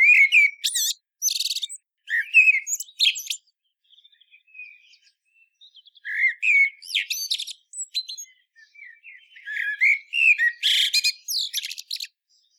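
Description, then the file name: Common blackbird song in several separate phrases of rich fluty whistles and thin squeaky twitters, with short pauses between phrases. "Turdus merula"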